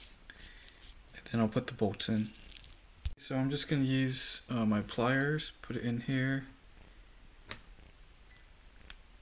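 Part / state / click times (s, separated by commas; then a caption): metal part fitted into the automatic transmission case / seated / 7.5 s. During a rebuild of a 2002 Honda Odyssey automatic transmission, a metal part is pushed into the transmission case with pliers while someone talks. A sharp click at 7.5 s confirms the part has seated into place.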